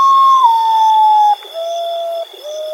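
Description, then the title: Common potoo: a long whistle gliding gently down, followed by two lower steady whistled notes, with a high thin tone behind. "vogel-der-woche Common Potoo"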